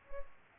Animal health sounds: mosquito wingbeat signal from an infrared sensor; Culex pipiens

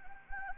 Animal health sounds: mosquito wingbeat signal from an infrared sensor; Anopheles gambiae

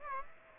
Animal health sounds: mosquito wingbeat signal from an infrared sensor; Aedes aegypti

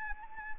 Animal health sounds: mosquito wingbeat signal from an infrared sensor; Anopheles arabiensis

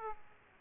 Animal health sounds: mosquito wingbeat signal from an infrared sensor; Aedes aegypti

